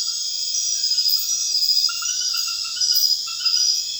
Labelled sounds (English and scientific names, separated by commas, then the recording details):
none
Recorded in secondary vegetation near Puerto Asís, Putumayo, Colombia, on 30 June 2025 at 22:00
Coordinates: 0.498, -76.327
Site GP09